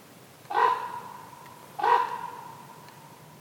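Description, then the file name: Common raven giving two harsh, croaking calls about 1.3 seconds apart, each short and rough with a slight fade afterward; otherwise quiet background. Recorded at close range. "Kolkrabe 160106 nah"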